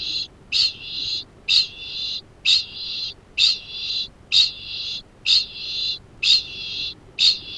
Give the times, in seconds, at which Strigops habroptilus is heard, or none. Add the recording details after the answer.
0.00-7.57. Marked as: faintness 2/5. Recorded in New Zealand. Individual Arab